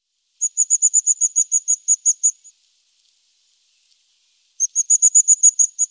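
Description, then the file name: Crested tit giving two rapid series of very high, thin, even notes, separated by about two seconds of silence. "Tofsmes"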